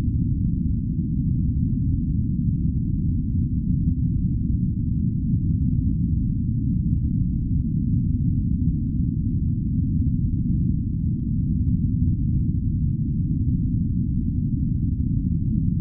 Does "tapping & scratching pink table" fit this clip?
no